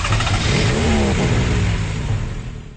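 An engine roars steadily and revs, its low rumble holding loud with rising tonal bands before easing off slightly toward the end. No voices are present.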